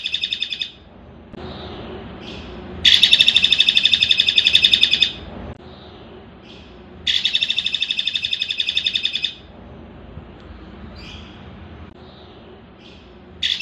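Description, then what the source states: Streaked spiderhunter song of loud, rapid chattering bursts of high, sharp notes, two of them complete, separated by long quieter stretches with scattered faint calls. Long, clear, vigorous song, used as a tutor recording for training birds.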